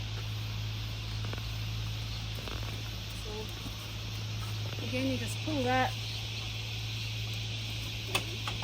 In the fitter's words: you got to hear it click and then it's done